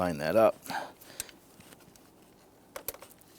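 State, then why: Seated. Someone talks briefly while a cooling fan wiring connector is lined up with its mating connector during a radiator replacement on a 2011-2019 Ford Explorer. After a few faint handling ticks, the connector is pushed together and pops into place with two sharp clicks at 2.8 s and 2.9 s, fully seated.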